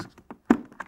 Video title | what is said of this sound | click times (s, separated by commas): How to change a visor: Nolan N60-6 motorcycle helmet | it's clicked in place now under the rim there just check a couple of times on here that's | 0.5 s